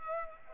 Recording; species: mosquito wingbeat signal from an infrared sensor; Culex pipiens